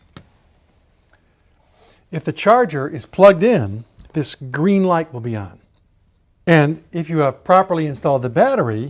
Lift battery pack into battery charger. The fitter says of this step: it away until you hear it click if the